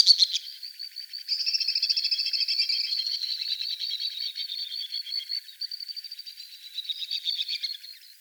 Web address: Hummingbirds Swifts AZFO WTSW deviche 030506